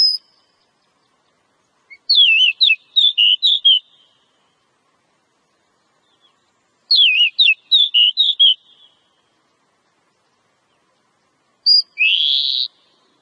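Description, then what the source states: Oriental magpie-robin song: two similar phrases of sweeping whistles and chattering notes about five seconds apart, ending with a short harsher burst. Lure song.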